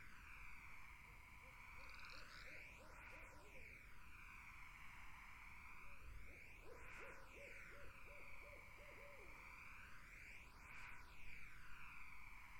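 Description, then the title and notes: Barred owl producing two strings of rhythmic hoots, the second longer and clearer, against a continuous insect chorus and a brief low thump. Barred owls in a summer wetland. "Barred Owls in a Summer Wetland. The Wild Life"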